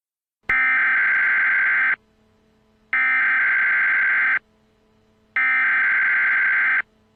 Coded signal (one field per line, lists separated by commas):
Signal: Emergency Alert System (SAME) tones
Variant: header bursts